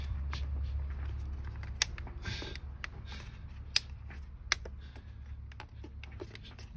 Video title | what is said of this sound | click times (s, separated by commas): 2005 Bmw 545i E60 N62 pcv replacement | all those clicks and that guy's actually on there | 1.8 s, 2.8 s, 3.8 s, 4.5 s